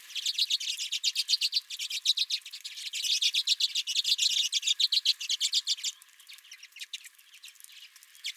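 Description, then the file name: Redpolls giving a strong, fast stream of dry chips for six seconds, then only scattered faint calls. Several redpolls at a home feeder. "Redpolls at My Feeder"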